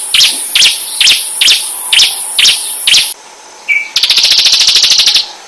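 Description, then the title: Bird song: a series of bright, down-slurred notes repeated roughly twice a second, then a short pause, a brief tone and a rapid, buzzy high trill. "SuaraBurung Kicau9"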